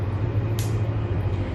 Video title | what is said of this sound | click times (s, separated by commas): How to Give an Insulin Injection: WHAT YOU NEED TO KNOW | ये click sound आता है, उसका मतलब ये पेन ठीक से फिट हो गया है। | 0.6 s